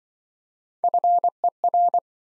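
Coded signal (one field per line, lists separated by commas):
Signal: Morse code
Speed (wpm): 28 wpm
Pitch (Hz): 700 Hz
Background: none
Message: FER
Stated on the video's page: Morse practice set of common QSO elements, speed-racing format starting fast and slowing to a 20 wpm base; the final repeat is sent at maximum speed.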